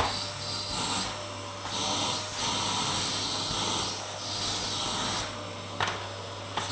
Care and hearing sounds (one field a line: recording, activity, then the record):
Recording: daily activity, microphone in the room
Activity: vacuum cleaning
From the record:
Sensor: 3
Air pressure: 995.2 hPa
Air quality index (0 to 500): 68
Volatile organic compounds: 4 ppm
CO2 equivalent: 1538 ppm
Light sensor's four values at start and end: 17/52/22/19 and 13/40/16/15